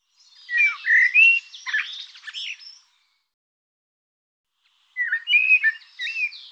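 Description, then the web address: Bird giving loud chirpy warbled phrases, a burst lasting under three seconds, then silence, then another similar scratchy phrase. "cianscape birddata Deverinetal Bird Tu Me Tu Me"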